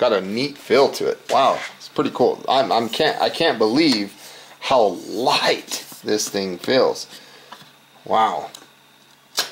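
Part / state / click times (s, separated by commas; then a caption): stove component into stove body / seated / 9.4 s. A component of an MSR WindBurner Group Stove System, new for 2018, is pushed into the stove body while someone talks. A single sharp click is heard at 9.4 s as the part locks into place.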